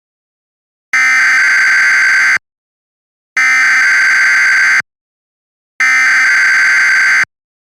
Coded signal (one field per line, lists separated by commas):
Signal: Emergency Alert System (SAME) tones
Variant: header bursts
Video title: EAS Mock: Nuclear Power Plant Warning from 2012 (Remastered)